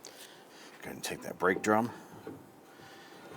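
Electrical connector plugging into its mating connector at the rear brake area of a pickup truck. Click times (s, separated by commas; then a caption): 0.1 s. A plastic electrical connector is lined up and pressed onto its mating connector at the rear brake area of a 2000-2006 Toyota Tundra pickup truck after the brakes are bled. One sharp, short click at 0.1 s marks the connector snapping into place, fully seated. Someone then talks.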